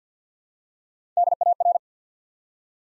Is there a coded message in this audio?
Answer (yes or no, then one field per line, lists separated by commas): yes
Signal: Morse code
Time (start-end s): 1.2-1.8 s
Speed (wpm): 48 wpm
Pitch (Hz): 700 Hz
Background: none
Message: DAR